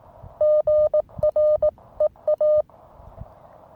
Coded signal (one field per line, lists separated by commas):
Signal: Morse code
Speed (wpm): 18 wpm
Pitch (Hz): 610 Hz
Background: none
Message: GREA